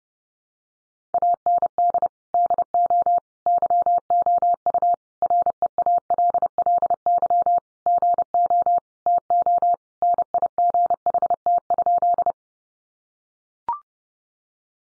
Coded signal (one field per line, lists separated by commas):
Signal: Morse code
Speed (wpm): 30 wpm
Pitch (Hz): 700 Hz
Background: none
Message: AND DO YOU REALLY GO TO NIGHT?